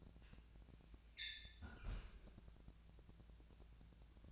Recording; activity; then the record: daily activity, microphone in the room; close fridge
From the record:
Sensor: 2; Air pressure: 999.9 hPa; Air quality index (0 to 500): 123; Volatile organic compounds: 2 ppm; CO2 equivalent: 1055 ppm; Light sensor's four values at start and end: 30/76/32/36 and 30/76/32/36